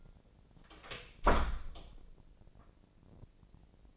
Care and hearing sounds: daily activity, microphone in the room; close door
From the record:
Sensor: 5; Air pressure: 1012.5 hPa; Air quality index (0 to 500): 159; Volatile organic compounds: 2 ppm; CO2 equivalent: 1085 ppm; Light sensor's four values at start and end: 249/605/254/280 and 244/591/248/273

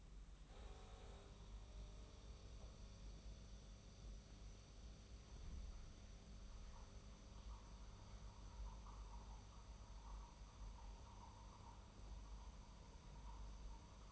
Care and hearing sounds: daily activity, microphone in the room; make coffee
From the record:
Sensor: 1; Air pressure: 994.5 hPa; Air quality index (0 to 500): 227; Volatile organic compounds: 1000 ppm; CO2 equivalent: 8156 ppm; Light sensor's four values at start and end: 134/305/136/147 and 135/310/138/150

